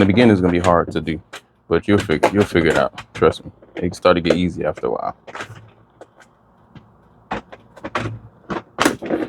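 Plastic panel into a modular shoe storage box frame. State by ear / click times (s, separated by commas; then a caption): seated / 7.3 s, 8.0 s. Someone talks while a folded plastic panel is pushed into the frame joints of a large snap-together modular shoe storage box. Sharp snaps are heard at about 7.3 s and 8.0 s as the panel clicks into place. The plastic panel is seated in the box frame.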